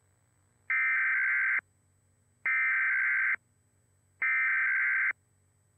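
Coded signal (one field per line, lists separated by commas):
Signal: Emergency Alert System (SAME) tones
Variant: header bursts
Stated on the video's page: Required Monthly Test audio produced by an EASyPLUS unit.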